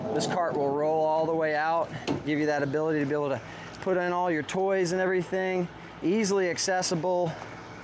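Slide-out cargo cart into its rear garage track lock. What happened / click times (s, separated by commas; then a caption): The cart is being handled but has not locked home yet / none. A man talks over a quiet background while handling the roll-out cargo cart in the rear garage of a 2022 Grand Design Solitude 380FL-R RV, a cart with 600-pound capacity that rolls out after a button lifts it. The cart is pushed back toward its track lock, but it has not locked into place yet.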